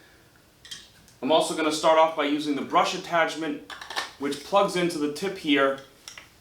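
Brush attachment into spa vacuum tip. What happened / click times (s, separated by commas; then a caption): The plastic attachment is handled but not yet seated / none. A plastic brush attachment is handled at the tip of an Aquafysh AQ10Max cordless spa vacuum, about to be pushed on, while someone talks, with a few small handling knocks at the start and near the end. Nothing has seated or clicked yet.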